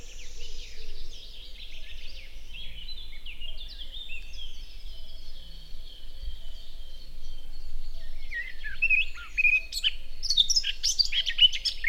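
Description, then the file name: Eurasian blackcap: soft, faint warbling song for most of the recording, rising near the end into a louder burst of fluty, scratchy notes. "Sylvia atricapilla"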